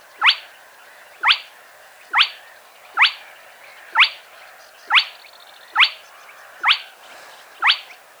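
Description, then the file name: Spotted crake producing a series of abrupt, upward-sweeping whistled notes, evenly spaced. Played back. "Plettet roervagtel"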